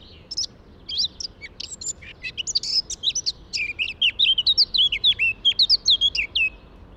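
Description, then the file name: Eurasian blackcap singing: hurried squeaky twittering first, then a bright run of loud fluted whistles to finish the phrase. "Sylvia atricapilla"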